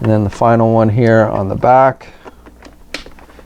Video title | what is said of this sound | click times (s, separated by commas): Justice League Movie 6" Scale Interactive Talking Heroes Knightcrawler Vehicle Review | And again, it's really easy, and they just snap right into place. | 2.9 s